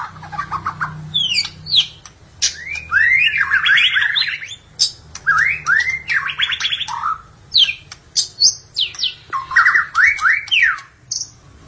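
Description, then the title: Magpie-robin or shama song of sweeping slurred whistles, rapid chattering trills and piercing high notes, delivered in energetic bursts separated by short gaps, with a low background hum. "Suara Burung Murai"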